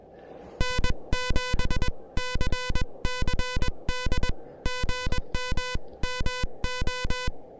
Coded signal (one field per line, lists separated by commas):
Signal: Morse code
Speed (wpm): 21 wpm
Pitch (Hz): 1000 Hz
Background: music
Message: N7CCD GM MO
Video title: The Elecraft KH1: My first SOTA activation with this new handheld QRP transceiver!